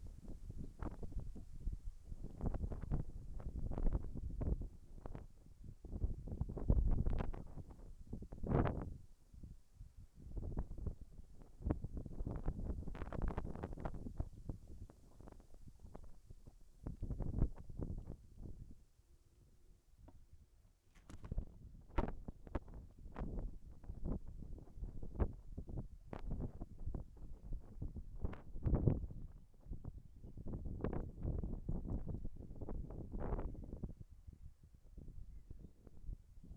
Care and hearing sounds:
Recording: everyday scene through a hearing-aid microphone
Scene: wind on the microphone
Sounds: wind, whistling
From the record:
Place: in front of a rural house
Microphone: behind the ear, left, front

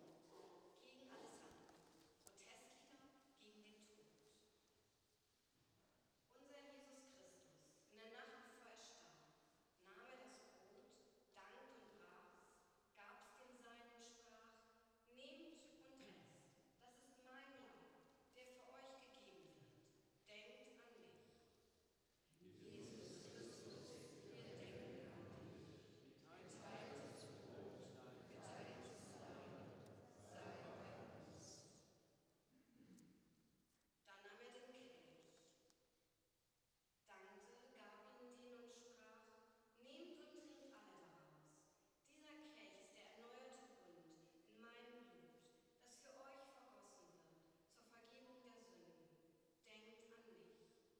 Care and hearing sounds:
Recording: everyday scene through a hearing-aid microphone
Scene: reverberant space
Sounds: speech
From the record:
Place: church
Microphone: in the ear canal, right

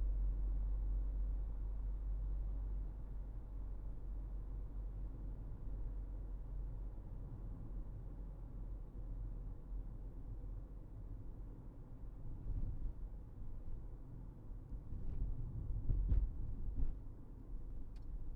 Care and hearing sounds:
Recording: everyday scene through a hearing-aid microphone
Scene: in a vehicle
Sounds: engine, highway driving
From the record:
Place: Berlingo II, diesel engine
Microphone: behind the ear, right, rear

